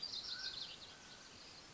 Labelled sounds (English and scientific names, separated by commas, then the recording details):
Mountain Quail (Oreortyx pictus)
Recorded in Sonoma County, California